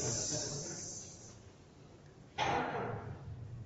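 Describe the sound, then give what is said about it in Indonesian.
A sleeping person snores during a lecture: a breathy, hissing rasp fades out over the first second, then after a quiet pause a louder, rough snore breath begins and carries to the end. No one speaks. “Kenapa, Bang? Ngorok, enggak apa-apa.”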